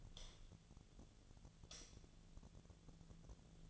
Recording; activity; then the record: daily activity, microphone in the room; light on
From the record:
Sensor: 4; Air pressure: 1010.7 hPa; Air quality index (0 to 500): 170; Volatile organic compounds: 5 ppm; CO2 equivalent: 1733 ppm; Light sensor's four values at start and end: 39/112/45/46 and 39/113/45/46